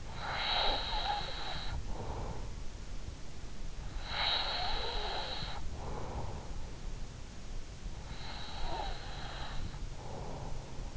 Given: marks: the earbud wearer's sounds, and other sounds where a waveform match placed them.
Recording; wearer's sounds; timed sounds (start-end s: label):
sounds in sleep by an in-ear microphone; breath
0.00-2.57 s: breath
3.60-6.74 s: breath
7.94-10.97 s: breath